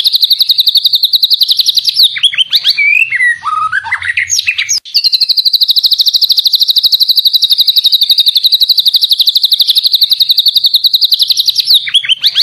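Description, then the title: White-rumped shama song: a sustained rapid trill, interrupted by a burst of descending and rising whistles, then the fast trill resumes and continues to the end. Song used as a tutor recording (masteran) to train cage songbirds. "Masteran Murai Batu"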